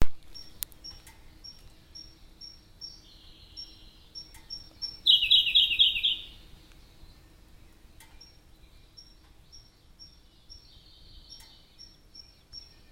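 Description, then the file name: Siberian blue robin song: high, thin introductory ticks and a brief softer phrase lead into a loud, rapid, rattling trill; ticks and a quieter phrase follow. "robin-siberian-blue -Larvivora-cyane"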